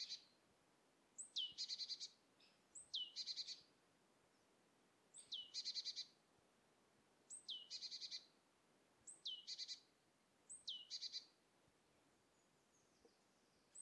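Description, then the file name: Great tit giving several calls, each a sharp descending high whistle followed by a harsh chattering buzz of a few notes. "Parus major"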